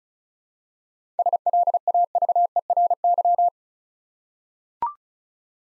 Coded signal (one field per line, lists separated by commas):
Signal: Morse code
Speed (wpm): 36 wpm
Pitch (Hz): 700 Hz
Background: none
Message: SLAVERY